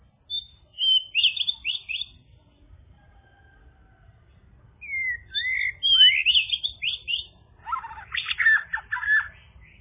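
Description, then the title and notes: Bird song: bright whistled phrases with quick slurred notes, a pause, then rising and falling whistles ending in a dense buzzy chatter. "Bird Sound. Kicau Burung Lengkap"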